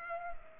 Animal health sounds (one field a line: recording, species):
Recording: mosquito wingbeat signal from an infrared sensor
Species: Culex pipiens